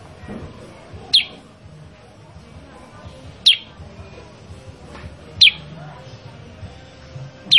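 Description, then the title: Sooty-headed bulbul calls, a sharp bright descending note about every two seconds, four in all, over a low steady background hum. Master recording of a very actively singing sooty-headed bulbul, used to train other caged sooty-headed bulbuls to respond and sing actively. "Masteran Kutilang Sutra. Kutilang Sutra mana YANG GAK NYAUT dan IKUT BUNYI GACOR dengan suara Kutilang Sutra Super GACOR Ini"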